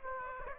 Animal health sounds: mosquito wingbeat signal from an infrared sensor; Aedes aegypti

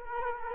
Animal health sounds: mosquito wingbeat signal from an infrared sensor; Culex quinquefasciatus

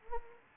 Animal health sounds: mosquito wingbeat signal from an infrared sensor; Anopheles arabiensis

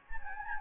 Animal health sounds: mosquito wingbeat signal from an infrared sensor; Anopheles gambiae

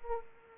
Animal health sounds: mosquito wingbeat signal from an infrared sensor; Anopheles arabiensis

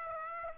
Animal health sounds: mosquito wingbeat signal from an infrared sensor; Aedes aegypti

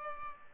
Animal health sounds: mosquito wingbeat signal from an infrared sensor; Culex pipiens

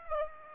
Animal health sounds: mosquito wingbeat signal from an infrared sensor; Aedes aegypti

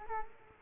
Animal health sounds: mosquito wingbeat signal from an infrared sensor; Culex quinquefasciatus

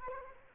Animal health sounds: mosquito wingbeat signal from an infrared sensor; Culex quinquefasciatus

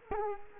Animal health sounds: mosquito wingbeat signal from an infrared sensor; Culex quinquefasciatus

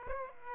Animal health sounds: mosquito wingbeat signal from an infrared sensor; Aedes aegypti

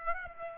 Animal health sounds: mosquito wingbeat signal from an infrared sensor; Aedes aegypti

